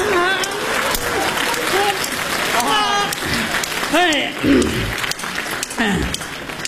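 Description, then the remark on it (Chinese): An audience claps steadily in a dense, continuous patter of applause, while voices talk and call out loudly over it throughout. “你， 我就憋那些不鼓掌的。”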